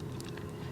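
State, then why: Seated. A plastic microSD card is pushed a second time into the spring-loaded card slot of a Tapo C216 security camera. It gives a sharp click at 0.2 s, followed by two softer ticks at about 0.3 and 0.4 s over a steady low hum. The card is seated.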